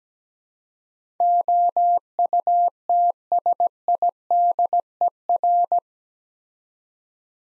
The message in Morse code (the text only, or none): OUTSIDER